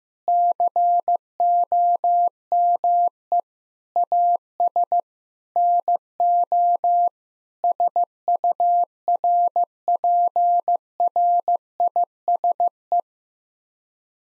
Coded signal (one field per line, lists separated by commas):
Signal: Morse code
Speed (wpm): 15 wpm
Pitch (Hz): 700 Hz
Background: none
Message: COME AS NO SURPRISE